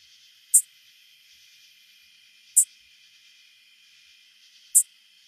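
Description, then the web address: Greater anglewing producing three loud, crisp high-pitched ticks, roughly two seconds apart, over a quiet background. "Songs of Insects. Greater Anglewing"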